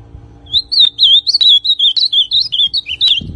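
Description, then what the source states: Ultramarine grosbeak delivering a continuous phrase of sweet, looping whistled syllables, rising and falling rapidly for nearly three seconds. Classic song style of the ultramarine grosbeak.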